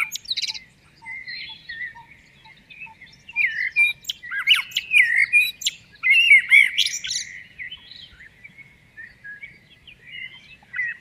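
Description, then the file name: Common blackbird warbling song of fluty slurred phrases and high squeaky twitters. A faint series of soft, evenly spaced lower notes sounds early on. "Turdus merula"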